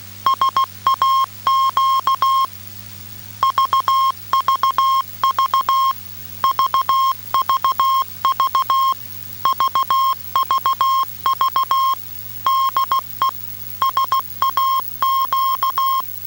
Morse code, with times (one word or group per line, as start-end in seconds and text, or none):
0.3-2.5 SAQ
3.4-5.9 VVV
6.4-8.9 VVV
9.5-11.9 VVV
12.5-13.3 DE
13.8-16.0 SAQ